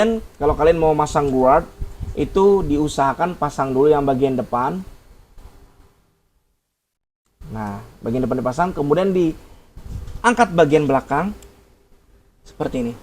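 A metal guard comb is fitted onto the blade of a WMARK NG-2039 hair clipper, with its front edge hooked on first as the lining-up step before the back is lifted and locked. Someone talks through most of the clip, with a quiet gap in the middle and a brief soft sound at 7.3 s. Nothing has seated or clicked yet.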